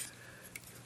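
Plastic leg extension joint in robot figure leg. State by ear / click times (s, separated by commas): seated / 0.6 s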